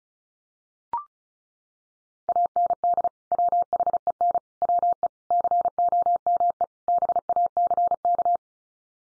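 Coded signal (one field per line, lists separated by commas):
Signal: Morse code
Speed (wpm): 34 wpm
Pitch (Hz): 700 Hz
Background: none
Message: AND WHEN WE COME BACK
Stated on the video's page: Practice drill at 35wpm: five-word groups from common 5-grams, each sent in Morse, spoken, then sent again for head-copy.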